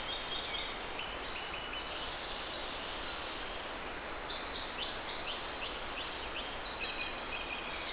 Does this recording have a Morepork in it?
no